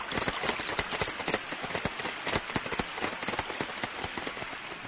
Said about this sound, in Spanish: En un cedro hueco, el sensible radar de un murciélago pescador detecta todas las ondas de la corriente. Sale para localizar mejor el sonido. Lo que oye son los peces que se alimentan en la superficie del agua.